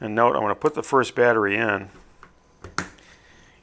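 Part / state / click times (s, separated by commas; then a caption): battery into flashlight battery cartridge / seated / 2.8 s. Someone talks, then the first cylindrical battery is pressed past the small plastic tabs of a Promier P2000FL-8-16 flashlight's battery cartridge, which hold each cell in its own chamber. Soft handling clicks lead up to a sharp snap at 2.8 s. The battery is seated, locked into place so it does not slide.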